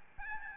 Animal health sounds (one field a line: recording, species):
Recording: mosquito wingbeat signal from an infrared sensor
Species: Aedes albopictus